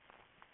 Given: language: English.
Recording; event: throat vibration sensor signal played as sound; swallow